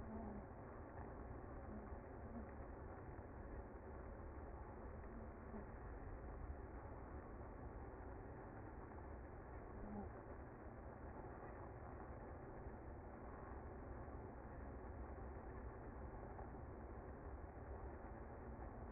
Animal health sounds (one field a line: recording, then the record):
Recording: honeybee colony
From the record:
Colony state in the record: active